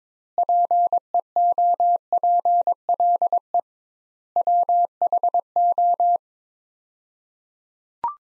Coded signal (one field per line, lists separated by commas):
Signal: Morse code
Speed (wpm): 22 wpm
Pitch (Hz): 700 Hz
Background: none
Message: PEOPLE WHO